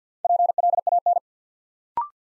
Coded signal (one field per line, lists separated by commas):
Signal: Morse code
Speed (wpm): 48 wpm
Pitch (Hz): 700 Hz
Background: none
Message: PLAN